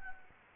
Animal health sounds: mosquito wingbeat signal from an infrared sensor; Anopheles gambiae

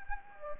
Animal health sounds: mosquito wingbeat signal from an infrared sensor; Anopheles gambiae

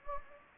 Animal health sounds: mosquito wingbeat signal from an infrared sensor; Anopheles gambiae

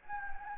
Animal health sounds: mosquito wingbeat signal from an infrared sensor; Anopheles gambiae

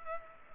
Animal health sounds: mosquito wingbeat signal from an infrared sensor; Culex pipiens

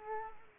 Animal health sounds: mosquito wingbeat signal from an infrared sensor; Culex quinquefasciatus

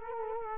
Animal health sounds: mosquito wingbeat signal from an infrared sensor; Culex quinquefasciatus

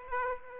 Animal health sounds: mosquito wingbeat signal from an infrared sensor; Aedes aegypti

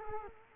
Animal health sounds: mosquito wingbeat signal from an infrared sensor; Culex quinquefasciatus

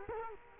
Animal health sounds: mosquito wingbeat signal from an infrared sensor; Culex quinquefasciatus

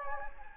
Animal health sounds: mosquito wingbeat signal from an infrared sensor; Anopheles gambiae

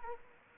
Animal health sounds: mosquito wingbeat signal from an infrared sensor; Anopheles arabiensis

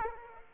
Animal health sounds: mosquito wingbeat signal from an infrared sensor; Aedes aegypti

